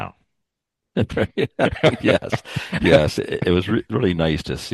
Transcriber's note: laughs